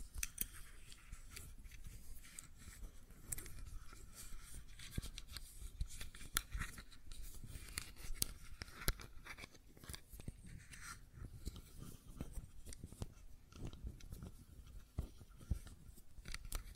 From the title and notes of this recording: ASMR Fidget Cube Tapping and Clicking Sounds (No Talking).